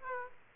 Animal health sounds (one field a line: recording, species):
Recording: mosquito wingbeat signal from an infrared sensor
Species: Aedes aegypti